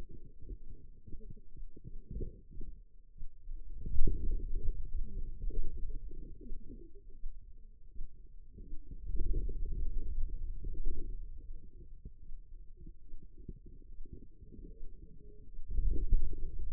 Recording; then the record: forearm muscle sounds (acoustic myography)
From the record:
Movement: hand opening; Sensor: system 2, bracelet of six BSWA MPA416 microphones around the upper forearm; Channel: 3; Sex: female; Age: 25 years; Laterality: right